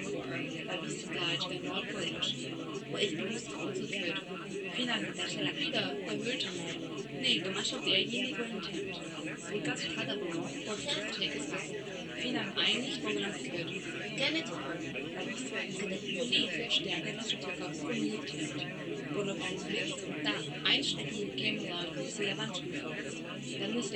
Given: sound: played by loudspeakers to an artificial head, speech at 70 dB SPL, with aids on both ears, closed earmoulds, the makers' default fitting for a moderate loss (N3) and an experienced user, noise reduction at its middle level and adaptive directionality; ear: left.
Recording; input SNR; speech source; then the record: speech test signal (ISTS) in cocktail-party noise; -3 dB; on the right (90 degrees)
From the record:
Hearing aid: class 1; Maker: C